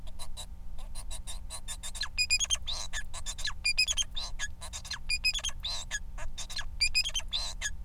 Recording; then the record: song of a male Bengalese finch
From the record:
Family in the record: son of father 4